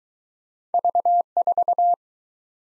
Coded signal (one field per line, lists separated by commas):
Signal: Morse code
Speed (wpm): 23 wpm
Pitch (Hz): 700 Hz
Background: none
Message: V4